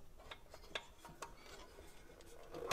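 A 16-pin connector on a ribbon cable from the tender is handled at the lockable pin header socket under a 1:32 Märklin 55127 Reko steam locomotive 02 0314-1, heard as light ticking and rubbing with sharp taps near 0.8 s and 1.2 s and a louder knock at 2.7 s. The connector has not snapped into the socket yet; nothing has seated.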